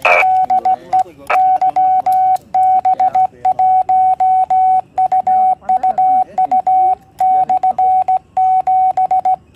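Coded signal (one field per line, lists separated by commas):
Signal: Morse code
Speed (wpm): 17 wpm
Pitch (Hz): 750 Hz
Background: radio noise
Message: DE YB1UUU/7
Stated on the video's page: QRP station in a cottage in contact with a high-power station.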